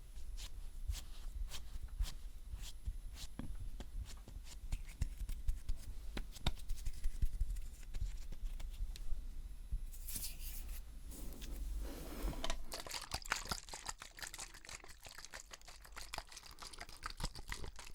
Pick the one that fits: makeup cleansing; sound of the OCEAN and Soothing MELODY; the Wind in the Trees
makeup cleansing